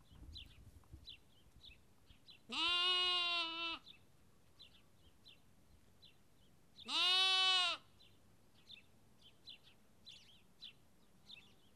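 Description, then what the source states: Sheep lamb giving two drawn-out bleats a few seconds apart, while small birds chirp briefly and repeatedly in the background. Lamb, recorded at Kakopetria, Cyprus.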